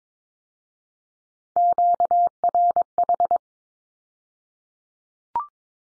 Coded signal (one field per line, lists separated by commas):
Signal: Morse code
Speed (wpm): 22 wpm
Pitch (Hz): 700 Hz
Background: none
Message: QRH